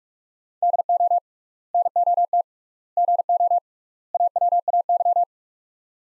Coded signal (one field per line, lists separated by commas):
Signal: Morse code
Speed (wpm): 41 wpm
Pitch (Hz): 700 Hz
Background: none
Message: DO NOT GO AWAY